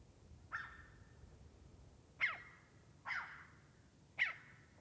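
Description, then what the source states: Crow calls, four raspy caws over a quiet background. Crows in the mountains.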